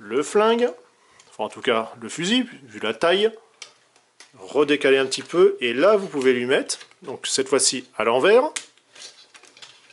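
A plastic weapon accessory for a Transformers Legends Jetfire Leader Class robot figure is turned upside down and moved toward the figure's body while someone talks. A few small plastic taps and knocks are heard around 3.6–4.2 s and 9.0–9.6 s. Nothing has seated or clicked into place yet.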